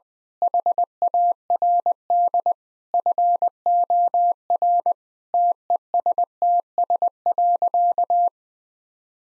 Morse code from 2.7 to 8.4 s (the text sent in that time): FOR TESTS.